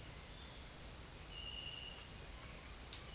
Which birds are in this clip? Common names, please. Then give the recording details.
none. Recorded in dense forest near Puerto Asís, Putumayo, Colombia, on 20 February 2024 at 07:30. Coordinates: 0.485, -76.322. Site G6406